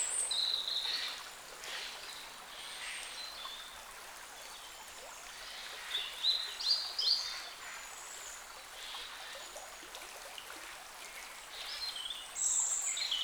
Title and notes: Carennac - Oiseaux de la Dordogne. Oiseaux Loire forêt Carennac. A la sortie de Carennac, le long d'un petit bras de la Dordogne, les oiseaux dans la forêt